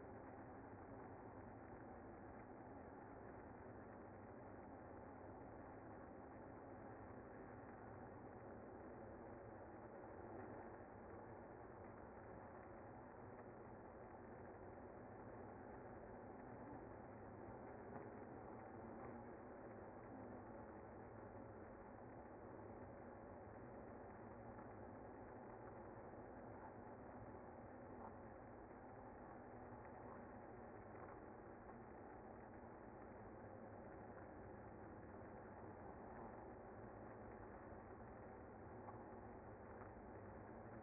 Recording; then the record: honeybee colony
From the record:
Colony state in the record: active